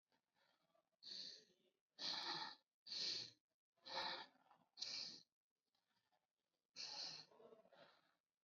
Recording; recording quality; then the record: shallow breathing; moderate, slight background noise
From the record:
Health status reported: COVID-19 positive, mild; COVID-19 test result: positive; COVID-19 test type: RT-PCR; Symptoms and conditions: cough, fatigue, muscle pain, diabetes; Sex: female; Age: 49 years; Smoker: no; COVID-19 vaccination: both doses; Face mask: worn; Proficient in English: yes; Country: India